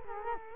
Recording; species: mosquito wingbeat signal from an infrared sensor; Culex quinquefasciatus